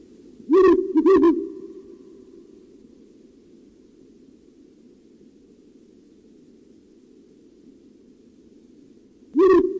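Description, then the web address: Ural owl hooting low, two quick hoots close together, then a long silence before a single hoot returns near the end. "puszczyk uralski"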